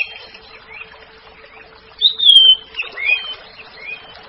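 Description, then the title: Orange-headed thrush song: a clear whistled phrase of slurred, falling notes mixed with softer warbles, with a steady faint hum underneath. "Anis Merah"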